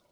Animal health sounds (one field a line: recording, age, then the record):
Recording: pig call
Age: piglet (1 to 25 days)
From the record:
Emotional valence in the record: positive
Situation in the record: short reunion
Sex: male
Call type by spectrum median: low-frequency call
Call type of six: low-frequency stable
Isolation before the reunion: 3 minutes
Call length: 0.12 s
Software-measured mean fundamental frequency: 86 Hz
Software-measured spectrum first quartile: 563 Hz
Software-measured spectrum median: 1489 Hz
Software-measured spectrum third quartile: 6925 Hz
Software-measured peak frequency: 581 Hz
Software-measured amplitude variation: 115 dB a second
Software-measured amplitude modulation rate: 12.5 a second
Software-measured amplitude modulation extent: 9.2 dB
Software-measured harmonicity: -0.6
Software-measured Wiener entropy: -1.84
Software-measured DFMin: 922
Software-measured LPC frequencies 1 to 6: 620, 1165, 2274, 3667, 4608, 5401 Hz